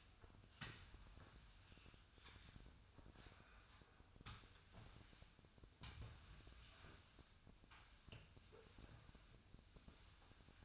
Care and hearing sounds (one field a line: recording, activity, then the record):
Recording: daily activity, microphone in the room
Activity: sweep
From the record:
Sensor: 2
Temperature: 24.0 degrees Celsius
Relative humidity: 35.5%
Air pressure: 1004.6 hPa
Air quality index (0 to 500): 91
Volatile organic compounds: 2 ppm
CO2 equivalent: 1097 ppm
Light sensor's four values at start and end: 6/15/6/6 and 6/14/6/6